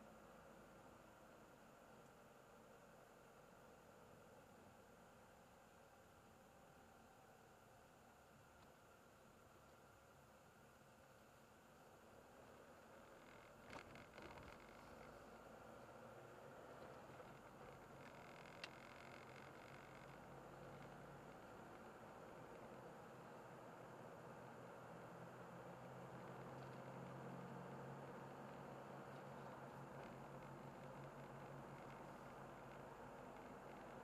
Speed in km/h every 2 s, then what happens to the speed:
21, 20, 18, 16, 15, 16, 20, 26, 30, 36, 41, 45, 48, 50, 51, 53, 54.
0-10 steady at about 16. 10-34 speeds up to 54.